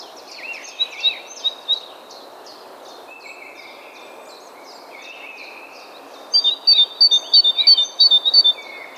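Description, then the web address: Great tit calls: a few high notes early, then a quick run of bright, paired two-tone notes near the end, over a background of many other twittering birds. "SETE Parus major"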